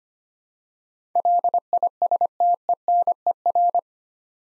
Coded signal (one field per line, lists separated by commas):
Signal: Morse code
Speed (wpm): 25 wpm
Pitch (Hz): 700 Hz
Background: none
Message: LISTENER